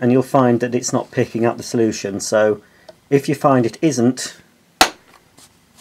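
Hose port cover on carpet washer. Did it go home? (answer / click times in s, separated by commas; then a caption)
yes / 4.8 s. Someone talks, then the plastic hose port cover on a Vax Dual Power Total Home carpet washer is clipped shut with a sharp click at 4.8 seconds. It seats closed to keep the suction seal, so the machine keeps picking up the solution.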